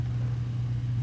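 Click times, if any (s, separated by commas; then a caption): none. A dive stick is being fitted into its mount on a hang glider wing during setup. Only a steady low hum around 100–150 Hz is heard, with no sharp hits. The dive stick has not yet snapped into place.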